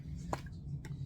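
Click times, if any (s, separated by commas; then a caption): 0.3 s. The heavy metal cap of a Lattafa Pride Shaheen Gold glass perfume bottle is pulled straight off, giving a sharp click at 0.3 s as it comes free, followed by a faint tick near 0.5 s and a softer click around 0.8 s over a steady low hum. The cap is released: it pulls off rather than twisting.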